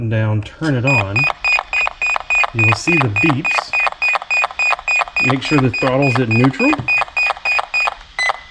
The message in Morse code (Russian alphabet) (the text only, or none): none